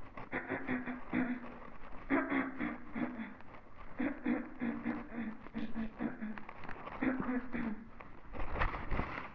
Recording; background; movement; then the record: throat clearing; quiet; walking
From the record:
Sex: female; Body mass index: 36.4 kg/m2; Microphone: on the chest, facing the body